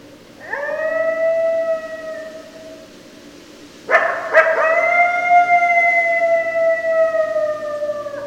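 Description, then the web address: Coyote howls: a rising then level wailing note fades out, then a sharp yelping outburst leads into a long, sustained, slightly falling howl. Several coyotes, recorded 30 November 2012. "Coyote 2012 11 30 Coyotes"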